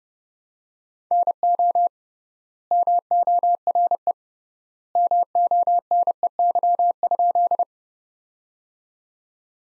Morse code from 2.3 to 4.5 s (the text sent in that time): MORE